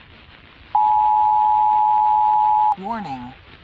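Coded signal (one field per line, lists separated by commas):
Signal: Emergency Alert System (SAME) tones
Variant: 853 and 960 Hz attention tone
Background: speech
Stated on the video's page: Fictional zombie outbreak EAS scenario, analog horror, possibly containing valid tones.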